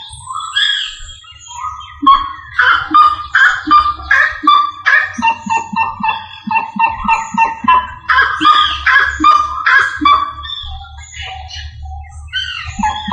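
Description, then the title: Rail calling loudly, harsh nasal notes repeated in a rapid, uneven series with low pulsing sounds underneath. "LuckyFamilia RallidaeFrangoSama"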